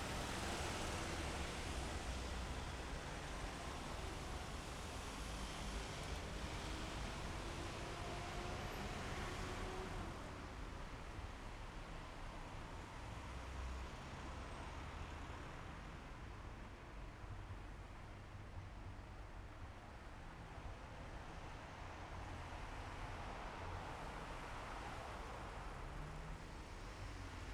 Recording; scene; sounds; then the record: everyday scene through a hearing-aid microphone; in traffic; traffic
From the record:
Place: main city hub, rush hour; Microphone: behind the ear, left, rear